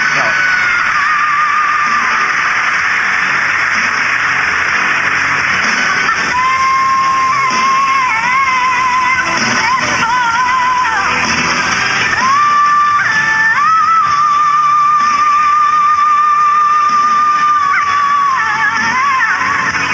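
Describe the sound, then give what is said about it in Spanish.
A large standing crowd cheers loudly and steadily for a young Canadian singer who has won a music award, with yells, whoops and sustained whistles rising above a dense wash of clapping that never lets up for the whole stretch. “Se ponen de pie y ¿cómo la van a aplaudir ahora?”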